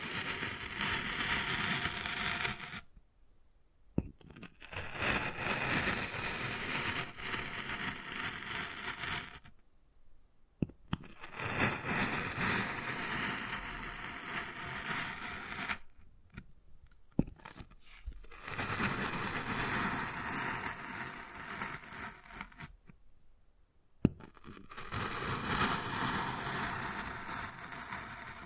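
Wood carving: bursts of dense scratching and scraping on wood, broken by four short silences near 3, 10, 16 and 23 seconds. The texture is rough and busy across low to bright tones, with sharp taps marking the starts and ends of some passages.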